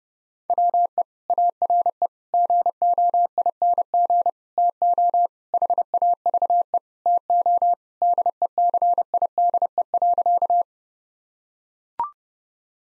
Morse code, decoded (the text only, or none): WE ARE GOING TO HAVE TO DECIDE.